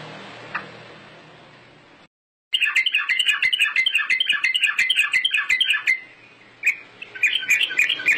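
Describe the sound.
Bird song: a long, dense run of rapid chattering chirps after a brief silence, followed by a pause and another lively burst.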